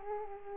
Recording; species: mosquito wingbeat signal from an infrared sensor; Aedes aegypti